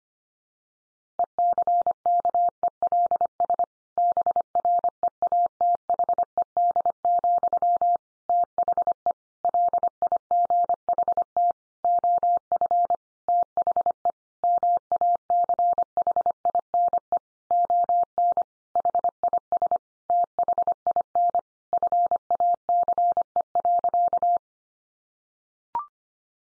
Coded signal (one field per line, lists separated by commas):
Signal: Morse code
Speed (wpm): 25 wpm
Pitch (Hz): 700 Hz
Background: none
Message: ECKELS BREATHED, THE LIGHT OF THE MACHINE ON HIS THIN FACE.